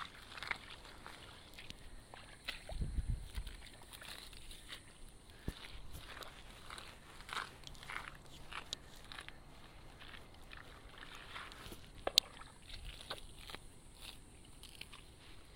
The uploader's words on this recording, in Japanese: 環境音 田んぼ除草 手で仕上げwith作業参加の学生さん。今日はさらに残った大きい草を手で抜き、土へ埋める作業です。